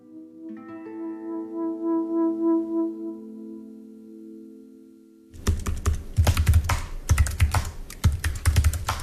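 A steady, tonal hum lasts about five seconds, then gives way to forceful typing on a computer keyboard: rapid, irregular clacks with heavy thuds, loud and dense, with no voices.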